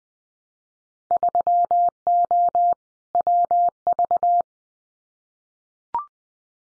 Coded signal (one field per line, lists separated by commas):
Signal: Morse code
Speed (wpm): 20 wpm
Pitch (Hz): 700 Hz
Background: none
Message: 3O WV